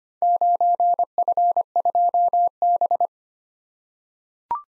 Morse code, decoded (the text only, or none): 9F2B